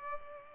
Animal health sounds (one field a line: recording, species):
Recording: mosquito wingbeat signal from an infrared sensor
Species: Culex pipiens